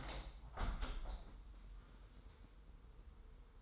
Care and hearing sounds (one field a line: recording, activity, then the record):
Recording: daily activity, microphone in the room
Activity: open window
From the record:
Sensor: 3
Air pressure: 990.4 hPa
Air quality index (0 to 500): 180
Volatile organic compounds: 1000 ppm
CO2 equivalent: 5820 ppm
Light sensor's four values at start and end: 34/80/32/30 and 34/79/32/30